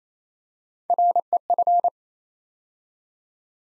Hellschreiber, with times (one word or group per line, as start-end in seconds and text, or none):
none